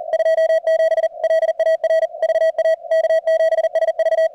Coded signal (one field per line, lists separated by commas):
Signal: Morse code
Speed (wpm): 37 wpm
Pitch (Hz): 660 Hz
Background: radio noise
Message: 27 LAR VA K7SV